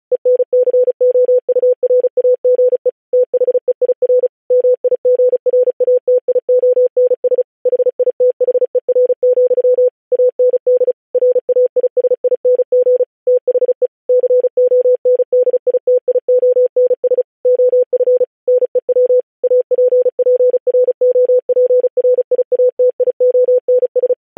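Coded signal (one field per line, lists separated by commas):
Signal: Morse code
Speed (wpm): 36 wpm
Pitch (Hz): 500 Hz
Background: none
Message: ENCOURAGE THEIR MIGRATIONS HITHER, AND RAISING THE CONDITIONS OF NEW APPROPRIATIONS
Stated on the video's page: Software-generated Morse at 35 WPM with standard spacing.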